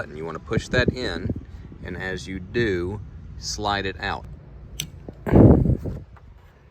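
Someone talks while pushing in the release button on the old wiper blade of a 2015-2017 Chevy Colorado and sliding the blade off the wiper arm. The button clicks open sharply at 4.8 s, followed by a brief louder rustling scrape around 5.3–6.0 s, and the blade comes free of the arm.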